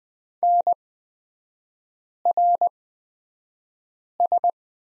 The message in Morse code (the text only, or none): NRS